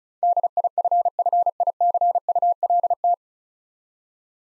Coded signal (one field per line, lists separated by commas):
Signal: Morse code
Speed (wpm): 36 wpm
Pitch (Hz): 700 Hz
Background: none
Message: DIFFICULT